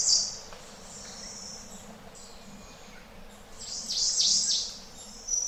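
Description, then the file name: European robin song, a high thin whistled phrase at the start, faint high notes in between, then a louder burst of high twittering trills near the end. "Зарянка -Голос"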